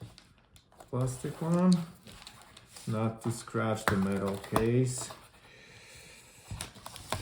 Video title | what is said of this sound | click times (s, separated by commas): MacBook Pro 13 2020 screen repair replacement tutorial. Step by step instructions. | And you can feel them and hear them click. | 6.6 s, 7.1 s